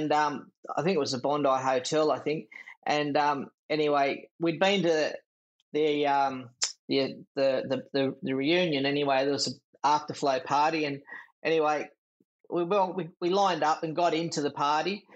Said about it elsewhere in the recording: I had a walking stick, and I had a stutter, and my speech wasn't that good.